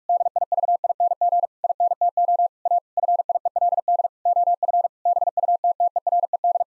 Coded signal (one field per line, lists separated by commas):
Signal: Morse code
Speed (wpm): 46 wpm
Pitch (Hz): 700 Hz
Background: none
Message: DIVING INTO A FIELD OF BUTTERED